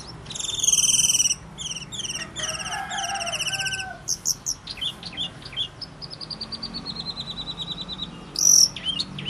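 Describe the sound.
Bird song of buzzy high trills and rapid stuttering phrases, then a thin sustained trill and a few sharp chips at the end.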